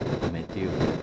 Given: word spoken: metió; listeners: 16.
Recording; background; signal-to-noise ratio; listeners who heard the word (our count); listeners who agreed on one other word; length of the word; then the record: one Spanish word in noise, from a listening test; noise modulated by three-talker babble; -3.7 dB; 3 of 16; 8 of 16; 0.64 s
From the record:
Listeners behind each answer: 8, 3, 1, 1, 1, 1, 1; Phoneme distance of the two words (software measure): 31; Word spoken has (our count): 2 syllables, 5 phonemes, stress on syllable 2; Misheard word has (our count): 2 syllables, 6 phonemes, stress on syllable 2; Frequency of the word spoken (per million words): 16.53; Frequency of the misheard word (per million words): 5.79